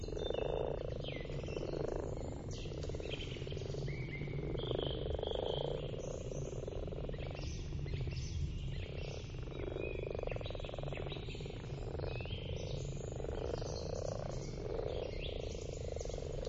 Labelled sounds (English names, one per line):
Common Frog call